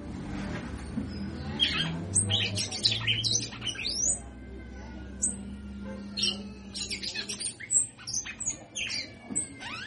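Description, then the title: Red-cowled cardinal singing in rapid clusters of bright chirps and downward-sweeping whistles, with a few long thin notes and a steady low hum behind. Female bird, singing a lot. "Canto Galo Campina Fêmea. Fêmea de Galo de campina cantando muito"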